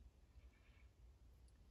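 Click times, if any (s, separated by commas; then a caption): none. A replacement scalpel blade is lined up in the groove of a folding knife's blade holder before being pushed home. Only faint, quiet handling noise is heard over a low hum. Nothing has seated or clicked yet.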